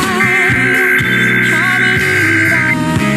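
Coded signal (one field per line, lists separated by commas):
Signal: Emergency Alert System (SAME) tones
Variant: header bursts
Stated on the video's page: IPAWS weekly tests received on eight stations.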